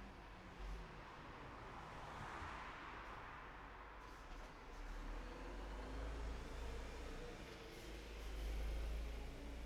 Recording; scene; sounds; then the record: everyday scene through a hearing-aid microphone; in traffic; traffic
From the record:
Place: city secondary road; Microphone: behind the ear, right, front